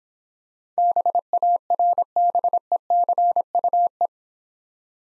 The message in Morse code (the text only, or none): BARBECUE